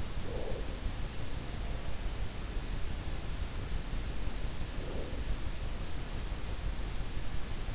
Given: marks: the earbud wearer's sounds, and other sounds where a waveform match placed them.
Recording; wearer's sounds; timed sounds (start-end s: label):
sounds in sleep by an in-ear microphone; breath
0.00-1.13 s: breath
4.44-5.70 s: breath